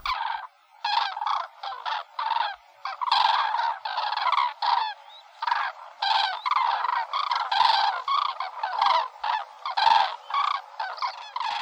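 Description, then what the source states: Common cranes calling as a flock, many rolling trumpeted 'krur' notes overlapping in rapid bursts throughout, with brief pauses between groups of calls. Hundred-voiced 'krür' or 'krur' of a larger flock of migrating or resting cranes.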